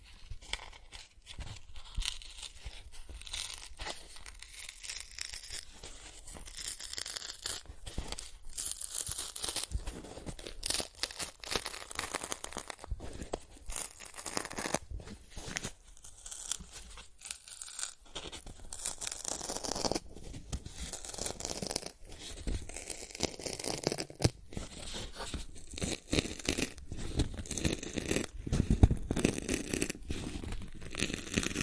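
Cardboard is scratched, traced and torn in a continuous, busy stream of rough rasping and crinkling strokes. The sound comes in dense bursts with brief gaps, with bright tearing rips growing louder and more frequent in the second half.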